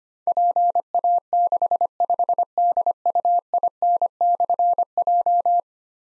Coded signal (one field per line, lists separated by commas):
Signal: Morse code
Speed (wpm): 25 wpm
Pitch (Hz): 700 Hz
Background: none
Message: PA65DUIN/J